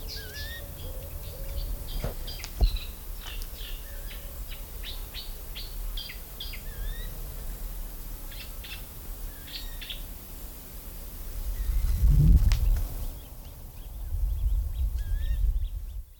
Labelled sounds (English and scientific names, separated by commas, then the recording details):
Eurasian Coot (Fulica atra) call
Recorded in the wild
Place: Mühlenbecker See, Brandenburg, DE
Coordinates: 52.27, 13.01
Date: 1995-07-29 19:00
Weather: heiter, 24°C
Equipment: Sony WM-D6C, Sennheiser ME 80, Kopie Uher 4000 Report Monitor
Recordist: Tembrock, Günter